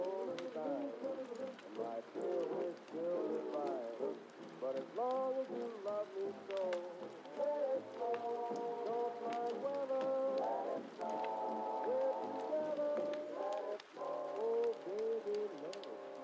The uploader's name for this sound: Heavy Rain & Fire Crackling Sounds While Oldies Playing From Another Room